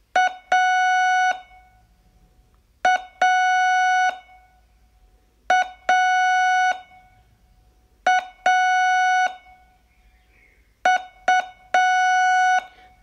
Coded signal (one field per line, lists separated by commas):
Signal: Morse code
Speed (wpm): 6 wpm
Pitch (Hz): 740 Hz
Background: none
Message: A A A A U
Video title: Learn Morse in 42 Days from VU2LAU - day12